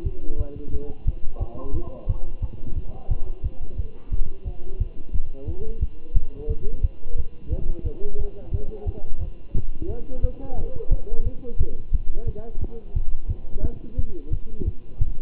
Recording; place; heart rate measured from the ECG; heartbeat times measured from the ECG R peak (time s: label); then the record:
heart sounds by stethoscope; between the tricuspid and mitral areas; 177 bpm
0.04 s: heartbeat
0.38 s: heartbeat
0.72 s: heartbeat
1.06 s: heartbeat
1.40 s: heartbeat
1.74 s: heartbeat
2.07 s: heartbeat
2.41 s: heartbeat
2.75 s: heartbeat
3.09 s: heartbeat
3.43 s: heartbeat
3.77 s: heartbeat
4.11 s: heartbeat
4.45 s: heartbeat
4.79 s: heartbeat
5.13 s: heartbeat
5.47 s: heartbeat
5.80 s: heartbeat
6.14 s: heartbeat
6.48 s: heartbeat
6.82 s: heartbeat
7.17 s: heartbeat
7.50 s: heartbeat
7.84 s: heartbeat
8.18 s: heartbeat
8.52 s: heartbeat
8.86 s: heartbeat
9.20 s: heartbeat
9.54 s: heartbeat
9.88 s: heartbeat
10.22 s: heartbeat
10.56 s: heartbeat
10.90 s: heartbeat
11.24 s: heartbeat
11.58 s: heartbeat
11.92 s: heartbeat
12.26 s: heartbeat
12.60 s: heartbeat
12.94 s: heartbeat
13.28 s: heartbeat
13.63 s: heartbeat
13.97 s: heartbeat
14.31 s: heartbeat
14.65 s: heartbeat
14.99 s: heartbeat
From the record:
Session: Bruce protocol treadmill stress test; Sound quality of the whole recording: good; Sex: male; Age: 23 years